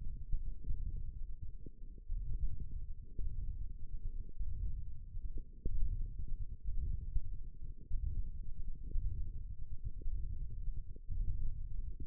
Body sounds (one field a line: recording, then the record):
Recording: forearm muscle sounds (acoustic myography)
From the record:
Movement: ulnar deviation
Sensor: system 1, eight BSWA MPA416 microphones around the upper forearm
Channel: 3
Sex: female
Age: 22 years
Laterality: right